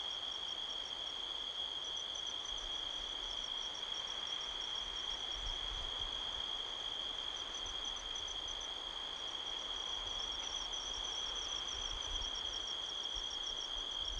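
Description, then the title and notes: Crickets trill continuously on one high pitch while another layer of rapid pulsing chirps comes and goes; faint wind rumbles underneath. Midnight, 5 October 2023, canyon at Sedona, Arizona, USA; strong wind blowing across the canyon rustling trees, crickets calling all around. "Midnight Soundscape, Sedona, Arizona, USA on 5th October 2023 – by Joe Harvey-Whyte. A strong wind blows across the canyon, rustling trees. The sound of crickets can be heard all around"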